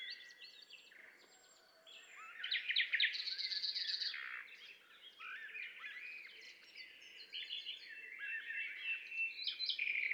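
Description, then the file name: Common nightingale song, quiet start then loud dense rattling trills and varied whistled phrases, continuing with chattering notes over soft background noise. "Luscinia megarhynchos"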